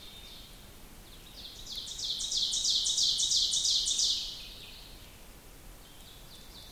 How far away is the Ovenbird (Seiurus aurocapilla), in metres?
about 30 m